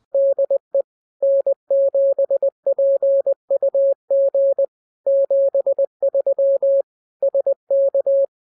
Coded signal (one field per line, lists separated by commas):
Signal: Morse code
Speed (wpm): 20 wpm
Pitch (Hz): 550 Hz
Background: none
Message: DE N7PUG 73 SK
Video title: How Morse Code made me RICH